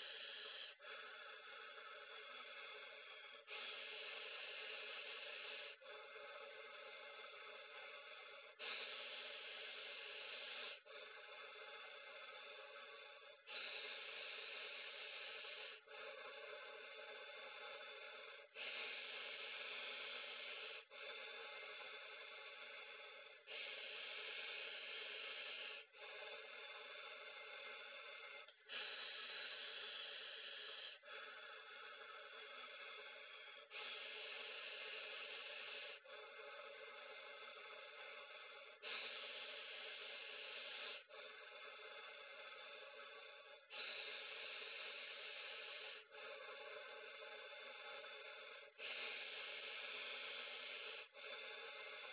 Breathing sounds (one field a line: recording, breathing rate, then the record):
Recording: paced breathing near a phone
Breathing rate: 12 breaths a minute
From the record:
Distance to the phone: 40 cm